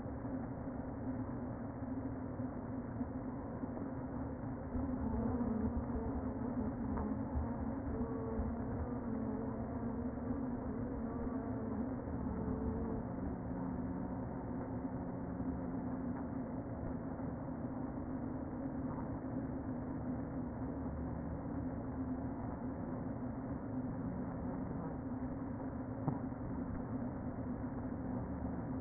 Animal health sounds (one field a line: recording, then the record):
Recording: honeybee colony, microphone inside the hive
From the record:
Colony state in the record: queen present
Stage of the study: before two queens were removed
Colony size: about 60,000 bees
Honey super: yes